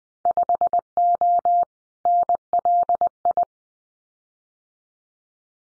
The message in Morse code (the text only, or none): 5O NLI